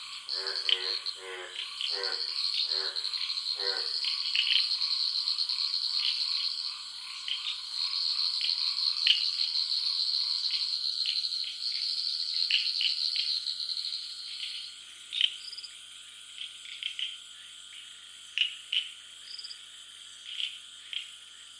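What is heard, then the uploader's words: Frogs call in a dense, pulsing chorus at night, with a steady high trill running through the first fifteen seconds. Early on, a few lower, rapid croaks repeat, then fade. After fifteen seconds the chorus thins to scattered sharp chirps over a faint insect hiss. Wetland voices at midnight. Constant pulsating calls and songs of frogs, toads and subtle insects. Ghana. Recorded by Samuel Kudjodzi.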